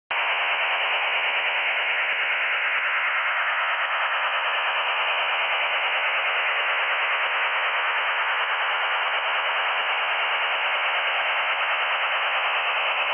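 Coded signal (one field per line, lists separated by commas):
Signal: HF data modem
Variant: STANAG 4285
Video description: Stanag 4285 (text message) Receiver ELAD FDMS1 Software Code300-32 V3.095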